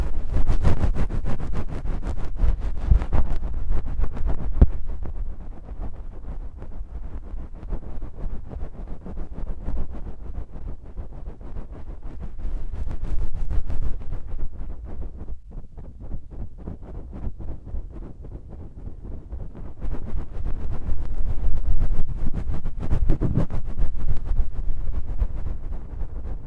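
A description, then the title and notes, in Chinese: An ear massage on the left side: a dense, rumbling rub with a steady crackle of fine scratches running through it. The sound swells louder in waves, near the start, around thirteen seconds and again past twenty, then eases back. 耳內按摩 ( 左 )。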